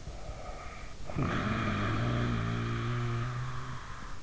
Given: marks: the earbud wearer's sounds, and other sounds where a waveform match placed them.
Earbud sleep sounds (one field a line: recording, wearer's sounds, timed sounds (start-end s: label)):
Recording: sounds in sleep by an in-ear microphone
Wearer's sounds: snoring breath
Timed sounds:
0.07-4.23 s: snoring breath